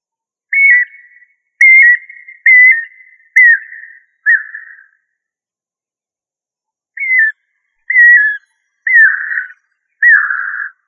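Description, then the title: Bird song: clear whistled notes at nearly one pitch, each ending in a short downward slur, given in a run of five, then a pause, then four more. "LuckyPassaro Completos2Sama"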